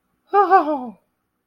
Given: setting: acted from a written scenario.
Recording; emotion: vocal sound without words; relief